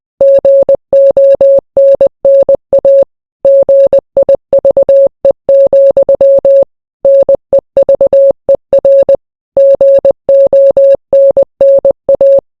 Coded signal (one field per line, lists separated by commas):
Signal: Morse code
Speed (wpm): 20 wpm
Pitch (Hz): 550 Hz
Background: none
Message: GONNA GIVE, NEVER GONNA